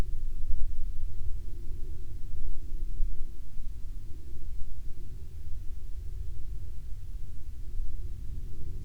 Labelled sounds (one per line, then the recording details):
near silence
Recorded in the Arctic National Wildlife Refuge, Alaska, on 31 July 2019 at 15:55
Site 40